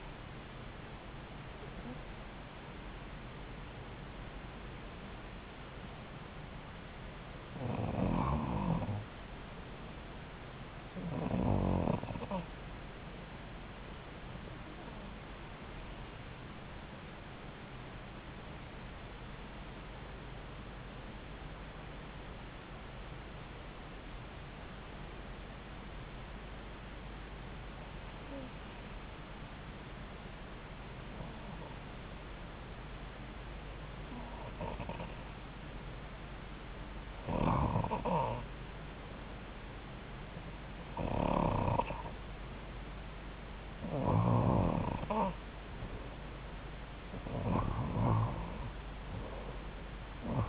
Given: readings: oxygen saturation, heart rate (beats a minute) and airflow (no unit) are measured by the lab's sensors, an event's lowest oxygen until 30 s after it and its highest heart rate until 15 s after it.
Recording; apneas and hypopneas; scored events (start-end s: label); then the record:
breathing in sleep by a voice recorder at the bedside; 1
13.00-34.30 s: hypopnea (REM, oxygen 93% highest, then 84% lowest)
From the record:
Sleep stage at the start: REM sleep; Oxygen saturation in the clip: 85 to 93%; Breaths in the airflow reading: 15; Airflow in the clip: -3.7 to 5.1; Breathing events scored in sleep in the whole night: 270 in 6.1 hours asleep